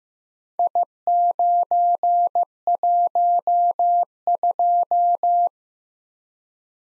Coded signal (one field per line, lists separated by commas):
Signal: Morse code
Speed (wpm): 15 wpm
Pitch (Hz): 700 Hz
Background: none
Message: I912